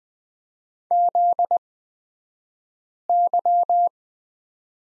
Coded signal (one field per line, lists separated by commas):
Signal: Morse code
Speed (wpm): 20 wpm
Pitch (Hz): 700 Hz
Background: none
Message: ZY